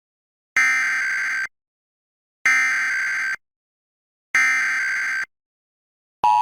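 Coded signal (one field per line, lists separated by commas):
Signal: Emergency Alert System (SAME) tones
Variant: header bursts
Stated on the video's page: Required monthly EAS tests from New Jersey and Pennsylvania, received off air.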